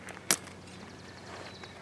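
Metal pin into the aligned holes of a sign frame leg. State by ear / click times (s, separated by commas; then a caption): seated / 0.3 s. A metal pin is squeezed with pliers into the aligned holes of a stainless steel sign frame leg. A few faint ticks lead up to one sharp, loud snap at 0.3 s as the pin pops into place, followed by a quiet background and a soft tick near 1.6 s. The pin is seated.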